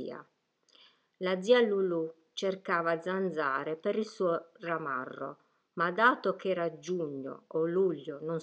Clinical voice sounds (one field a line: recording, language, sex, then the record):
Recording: read passage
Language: Italian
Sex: female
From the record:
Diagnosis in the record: healthy control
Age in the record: 61 years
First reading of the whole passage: 67 s, 7.7 characters per second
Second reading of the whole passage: 54 s, 9.6 characters per second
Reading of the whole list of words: 44 s, 6.4 characters per second